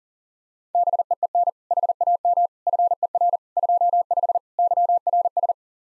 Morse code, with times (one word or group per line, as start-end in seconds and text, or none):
0.7-1.5 BEEN
1.7-2.5 HAM
2.7-3.4 FER
3.6-4.4 25
4.6-5.5 YRS